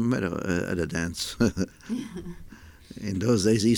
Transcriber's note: they laugh